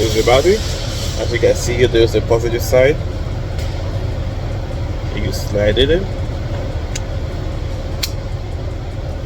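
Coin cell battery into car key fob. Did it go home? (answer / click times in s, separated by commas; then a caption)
yes / 7.0 s, 8.0 s. Someone talks while a coin cell battery, positive side shown, is slid into its holder in the housing of a 2016-or-newer Chevy car key fob over a steady low hum. Two short, sharp clicks follow at 7.0 and 8.0 seconds, and the battery is seated.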